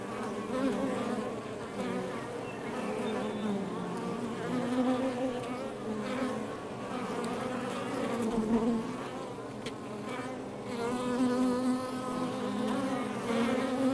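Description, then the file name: Honey bee buzzing from a crowd of insects, a constant drone with individual bees briefly rising and fading in pitch, loudness gently pulsing. Recorded outside the hive. "Demo 02 Ruche Exterieur 1"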